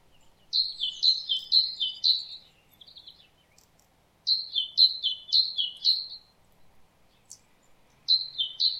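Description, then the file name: Great tit repeating a sharp two-note phrase, high note dropping to a lower one, about four times per run, with short pauses between runs. "Parus major"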